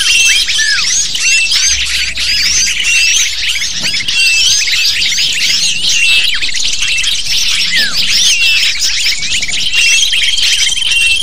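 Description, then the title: Lovebirds chattering loudly, quick piercing chirps and squeaks packed closely together, with steady high whistles near the close. Recording of lovebird calls used to lure lovebirds. "PIKAT BURUNG LOVEBIRD"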